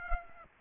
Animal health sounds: mosquito wingbeat signal from an infrared sensor; Aedes aegypti

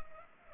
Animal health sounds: mosquito wingbeat signal from an infrared sensor; Culex pipiens

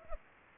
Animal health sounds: mosquito wingbeat signal from an infrared sensor; Anopheles gambiae

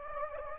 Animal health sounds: mosquito wingbeat signal from an infrared sensor; Anopheles gambiae

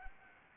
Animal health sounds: mosquito wingbeat signal from an infrared sensor; Anopheles arabiensis

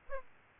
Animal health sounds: mosquito wingbeat signal from an infrared sensor; Aedes aegypti

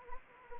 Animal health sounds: mosquito wingbeat signal from an infrared sensor; Anopheles gambiae

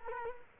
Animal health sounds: mosquito wingbeat signal from an infrared sensor; Culex quinquefasciatus

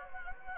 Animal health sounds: mosquito wingbeat signal from an infrared sensor; Anopheles gambiae

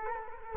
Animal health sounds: mosquito wingbeat signal from an infrared sensor; Culex quinquefasciatus

